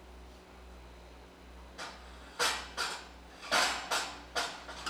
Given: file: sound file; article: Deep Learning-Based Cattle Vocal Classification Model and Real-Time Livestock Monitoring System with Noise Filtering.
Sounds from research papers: cattle; normal call

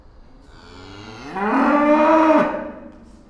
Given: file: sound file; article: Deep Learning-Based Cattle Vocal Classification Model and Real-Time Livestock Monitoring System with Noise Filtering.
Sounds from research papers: cattle; food anticipating call

